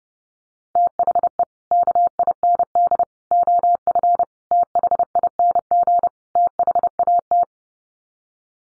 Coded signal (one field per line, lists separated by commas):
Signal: Morse code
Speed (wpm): 30 wpm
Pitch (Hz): 700 Hz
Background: none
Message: THE KIND OF THING THAT